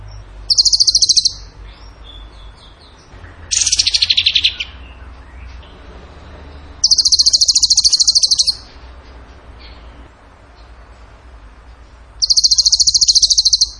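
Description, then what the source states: Bird song made of four rapid, high pulsed trills spaced a few seconds apart over steady low background noise. Masteran (training recording) in the tembakan gacor song style.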